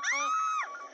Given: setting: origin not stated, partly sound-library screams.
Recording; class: one-second piece from a danger detection set; woman in danger